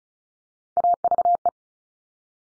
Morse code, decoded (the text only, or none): AVE